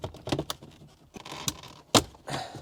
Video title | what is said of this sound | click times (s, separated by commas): 2004 - 2008 Acura TSX Radio Install | We got to unclip it all the way around. | 0.5 s, 1.5 s, 2.0 s